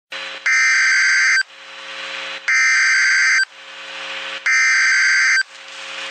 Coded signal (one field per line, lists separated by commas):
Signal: Emergency Alert System (SAME) tones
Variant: header bursts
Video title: Mount Rainier Eruption EAS Scenario